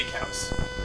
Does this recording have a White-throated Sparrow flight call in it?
no